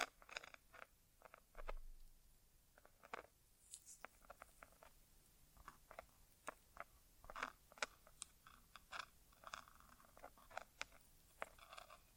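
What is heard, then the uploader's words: Close-up ASMR inner ear exam sounds with no talking: a steady run of quick, crisp clicks, taps and rustles at an irregular pace, several per second. Brief louder scratches stand out around the two-second mark and near seven and eight seconds, over a low, quiet rumble. ASMR Inner Ear Exam (No Talking).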